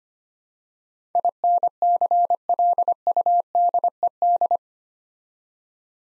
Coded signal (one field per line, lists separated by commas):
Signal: Morse code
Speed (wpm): 25 wpm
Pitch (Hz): 700 Hz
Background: none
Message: INCLUDED